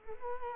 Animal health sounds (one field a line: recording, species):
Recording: mosquito wingbeat signal from an infrared sensor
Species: Culex quinquefasciatus